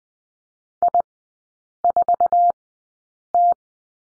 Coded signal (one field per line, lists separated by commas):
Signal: Morse code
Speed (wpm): 20 wpm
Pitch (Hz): 700 Hz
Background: none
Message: I4T